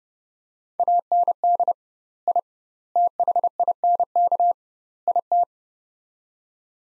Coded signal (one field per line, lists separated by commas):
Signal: Morse code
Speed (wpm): 32 wpm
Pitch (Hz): 700 Hz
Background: none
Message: AND I THINK IT